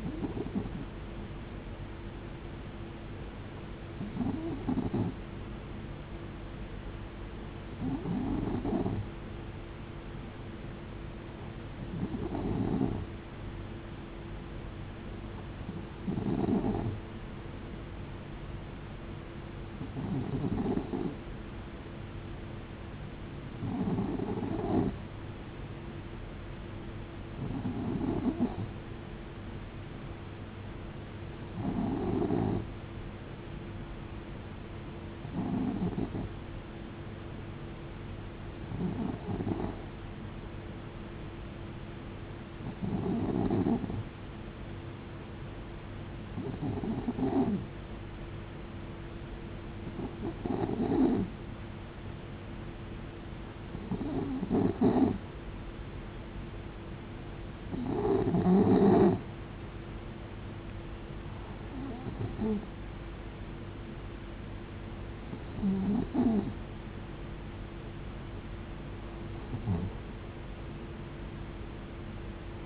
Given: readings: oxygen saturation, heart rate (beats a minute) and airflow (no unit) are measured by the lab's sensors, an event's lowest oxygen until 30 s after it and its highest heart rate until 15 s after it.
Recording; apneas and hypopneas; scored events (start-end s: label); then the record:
breathing in sleep by a voice recorder at the bedside; none
none scored
From the record:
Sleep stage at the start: N2 (light sleep); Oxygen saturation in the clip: 91 to 92%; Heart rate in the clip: 66 to 72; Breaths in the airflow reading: 19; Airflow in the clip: -7.4 to 7.1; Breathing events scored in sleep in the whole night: 389 in 6.3 hours asleep